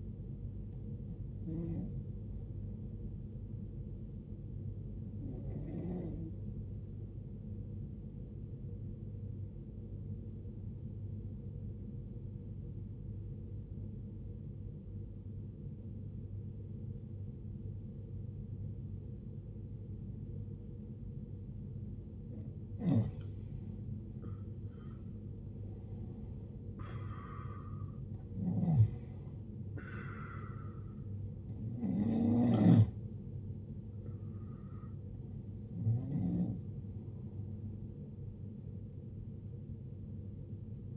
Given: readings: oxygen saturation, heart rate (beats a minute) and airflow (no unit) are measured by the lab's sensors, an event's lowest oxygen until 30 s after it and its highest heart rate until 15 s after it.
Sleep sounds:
breathing in sleep by a smartphone at the bedside; 1
9.00-23.60 s: obstructive apnea (N1, oxygen 96% highest, then 92% lowest, heart rate 59 at the start, 71 highest)
From the record:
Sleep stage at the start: N1 (lightest sleep); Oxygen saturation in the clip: 93 to 96%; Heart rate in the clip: 52 to 71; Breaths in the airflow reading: 6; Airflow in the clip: -12.3 to 18.1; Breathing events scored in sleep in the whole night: 389 in 6.3 hours asleep

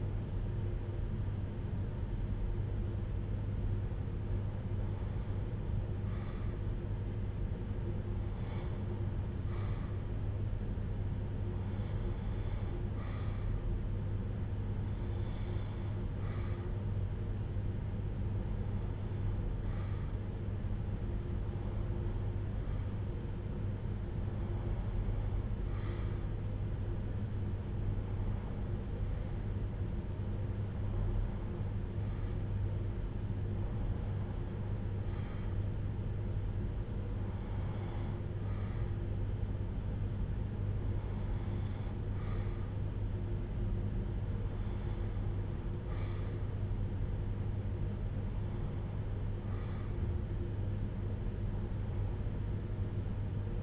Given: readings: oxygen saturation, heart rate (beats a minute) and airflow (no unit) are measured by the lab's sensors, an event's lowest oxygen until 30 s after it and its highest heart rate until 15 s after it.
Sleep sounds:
breathing in sleep by a smartphone at the bedside; none
none scored
From the record:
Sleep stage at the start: REM sleep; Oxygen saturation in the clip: 92 to 94%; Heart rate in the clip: 56 to 63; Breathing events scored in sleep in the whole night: 310 in 8.1 hours asleep

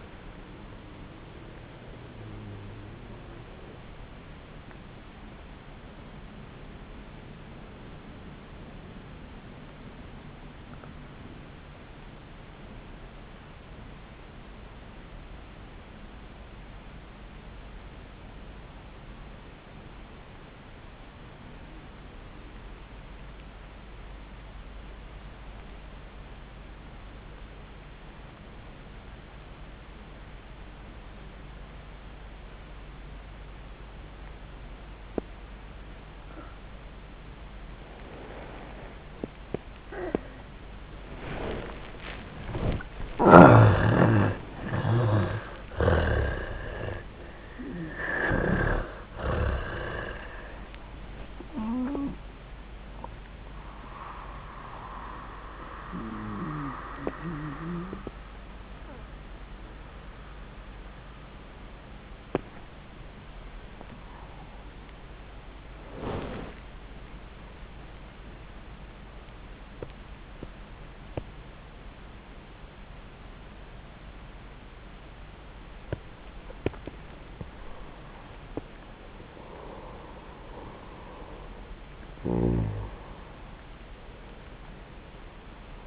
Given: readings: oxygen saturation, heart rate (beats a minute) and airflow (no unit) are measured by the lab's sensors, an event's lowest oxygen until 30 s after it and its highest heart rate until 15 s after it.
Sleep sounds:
a person awake in a sleep study, by a voice recorder at the bedside; 2
7.00-42.20 s: obstructive apnea (N1, oxygen 98% highest, then 85% lowest, heart rate 67 at the start, 88 highest)
15.00-75.00 s: new sleep stage, awake
17.00-83.00 s: awake
61.00-76.80 s: hypopnea (scored as awake, oxygen 98% highest, then 92% lowest, heart rate 78 at the start, 88 highest)
75.00-85.87 s: new sleep stage, N1 (lightest sleep)
From the record:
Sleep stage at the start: N1 (lightest sleep); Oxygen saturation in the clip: 85 to 98%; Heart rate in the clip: 67 to 88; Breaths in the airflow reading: 9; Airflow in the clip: -6.0 to 4.9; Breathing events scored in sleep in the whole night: 400 in 8.7 hours asleep

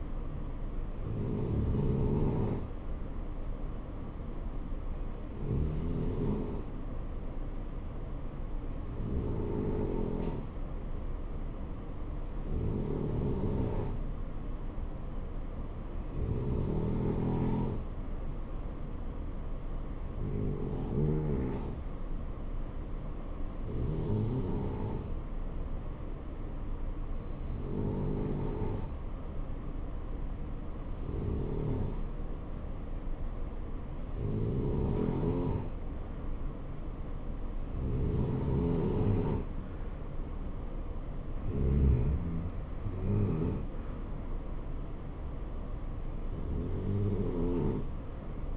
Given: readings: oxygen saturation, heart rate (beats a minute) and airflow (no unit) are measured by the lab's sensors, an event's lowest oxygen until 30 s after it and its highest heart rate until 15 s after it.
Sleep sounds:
breathing in sleep by a smartphone at the bedside; none
none scored
From the record:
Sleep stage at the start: N2 (light sleep); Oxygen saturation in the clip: 90 to 92%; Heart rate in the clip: 64 to 68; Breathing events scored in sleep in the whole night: 277 in 7.4 hours asleep

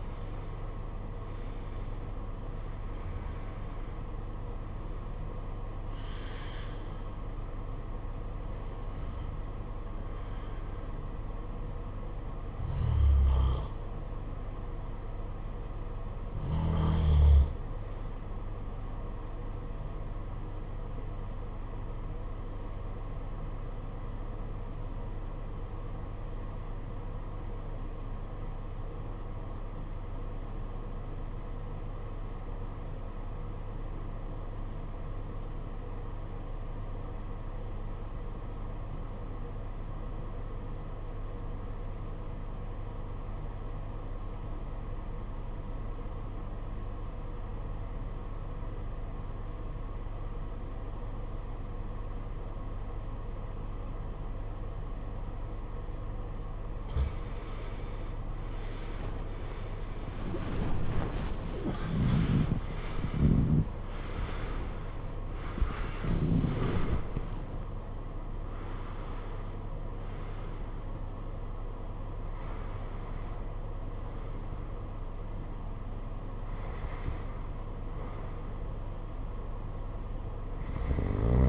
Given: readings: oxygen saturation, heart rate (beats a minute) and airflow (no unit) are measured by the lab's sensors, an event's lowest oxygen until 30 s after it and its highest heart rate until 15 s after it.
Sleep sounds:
breathing in sleep by a smartphone at the bedside; 1
21.00-58.10 s: obstructive apnea (REM, oxygen 96% highest, then 69% lowest, heart rate 57 at the start, 90 highest)
54.00-81.49 s: new sleep stage, N1 (lightest sleep)
From the record:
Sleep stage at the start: REM sleep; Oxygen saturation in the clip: 69 to 96%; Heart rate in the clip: 52 to 90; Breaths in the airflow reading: 12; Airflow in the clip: -19.3 to 15.6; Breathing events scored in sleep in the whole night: 476 in 9.7 hours asleep

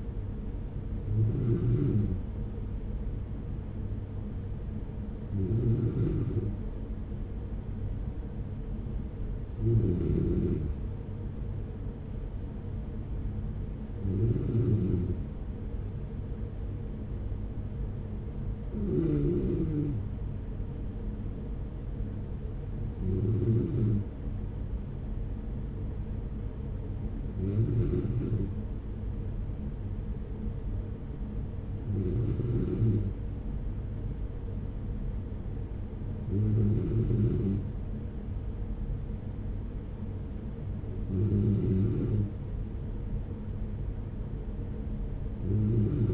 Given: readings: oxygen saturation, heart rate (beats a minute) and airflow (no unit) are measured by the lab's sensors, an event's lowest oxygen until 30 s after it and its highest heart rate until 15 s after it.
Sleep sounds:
breathing in sleep by a smartphone at the bedside; none
none scored
From the record:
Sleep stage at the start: N3 (deep sleep); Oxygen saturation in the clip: 94 to 95%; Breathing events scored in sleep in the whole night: 210 in 6.9 hours asleep

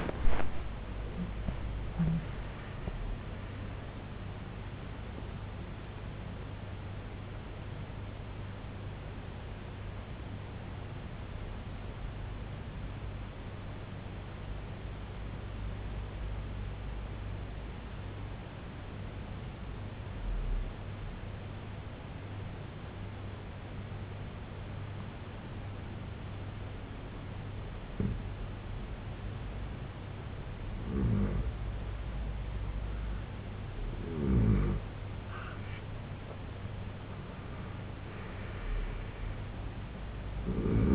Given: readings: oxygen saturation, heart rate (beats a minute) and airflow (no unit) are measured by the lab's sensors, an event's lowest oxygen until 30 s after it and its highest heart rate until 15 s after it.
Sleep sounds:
breathing in sleep by a voice recorder at the bedside; 1
8.00-32.60 s: hypopnea (N1, oxygen 96% highest, then 89% lowest, heart rate 88 at the start, 88 highest)
23.00-40.95 s: new sleep stage, N2 (light sleep)
From the record:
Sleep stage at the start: N1 (lightest sleep); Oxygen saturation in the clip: 92 to 96%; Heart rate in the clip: 68 to 99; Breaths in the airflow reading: 4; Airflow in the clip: -13.7 to 10.3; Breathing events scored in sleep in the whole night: 258 in 7.4 hours asleep

